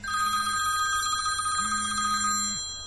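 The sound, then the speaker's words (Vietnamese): A telephone rings in the evening with a steady, bright, bell-like tone that holds throughout, while a lower buzzing tone pulses on twice in long, even bursts beneath it. No one speaks. “Tối hôm đó lúc tôi vừa mới tắm xong, định trèo lên giường nằm nghe lại mấy đoạn băng ngoại ngữ thì có tiếng chuông điện thoại ngân.”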